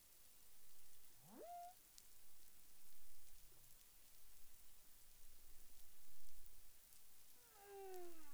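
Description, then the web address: Humpback whale calls: a swooping upward moan early on, then a harmonic-rich tonal unit that bends and falls near the end, over constant hissing underwater background noise. Recorded in the Caribbean on 30 January 2021 at 13:06 UTC. "CARIMAM. humpback whale 20210130 130658 UTC"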